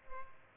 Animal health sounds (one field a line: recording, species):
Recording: mosquito wingbeat signal from an infrared sensor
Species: Culex pipiens